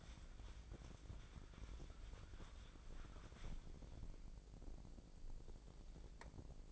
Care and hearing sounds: daily activity, microphone in the room; wipe stove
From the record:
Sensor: 5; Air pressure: 1012.4 hPa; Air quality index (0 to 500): 159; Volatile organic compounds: 2 ppm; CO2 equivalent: 1082 ppm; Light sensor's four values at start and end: 204/489/209/246 and 204/490/209/246

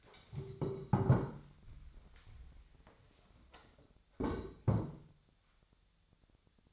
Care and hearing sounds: daily activity, microphone in the room; stand up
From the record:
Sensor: 3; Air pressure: 1015.2 hPa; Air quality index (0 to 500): 140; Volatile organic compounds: 7 ppm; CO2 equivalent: 1988 ppm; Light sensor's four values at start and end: 15/38/15/16 and 14/38/15/16

